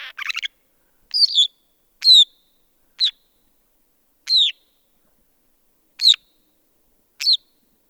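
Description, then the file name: Northern shrike giving short, high, sharp notes that sweep downward, spaced one to two seconds apart, with a harsher rattled note at the start. "Northern Shrike - Lanius borealis"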